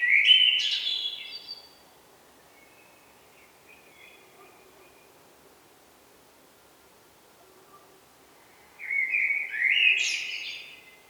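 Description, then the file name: Common blackbird: a phrase ends with high chatter at the start, faint soft notes follow, then a new fluty warble rising into squeaky twitters. "Turdus merula"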